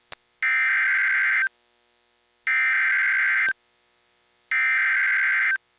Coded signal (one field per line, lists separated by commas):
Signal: Emergency Alert System (SAME) tones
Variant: header bursts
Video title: Various EAS Alerts from Poughkeepsie, New York (9/9-10/2023) (EAS #126-129)